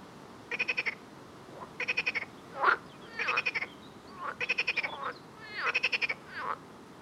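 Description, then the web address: Frog calls, several quick bursts of five or six rapid clicking pulses, mixed with a few sweeping, slurred chirps. "Soundscape Frog 1"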